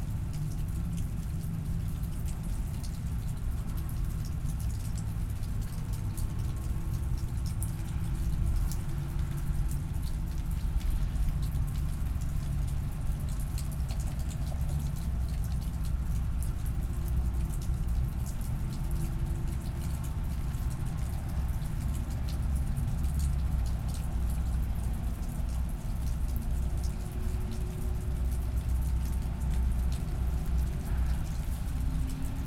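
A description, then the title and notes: A thunderstorm brings steady, dense rain on a porch, with a continuous low rumble underneath and scattered bright drip ticks throughout. October Thunderstorm in Midland. Recorded at 96kHz on my personal Zoom F6 via a matched pair of Clipply EM272s on my travel stereo bar. Thunderstorm recorded from my Dad’s front porch in Midland, Texas.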